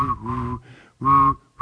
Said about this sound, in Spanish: Ahí corta. No puedo hacer ese ruido. Bueno, pero ahí cortó. Él chifla y saca gutural también.